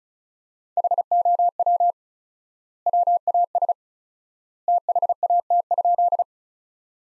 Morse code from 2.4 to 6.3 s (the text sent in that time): WAS THAT?